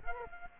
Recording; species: mosquito wingbeat signal from an infrared sensor; Culex quinquefasciatus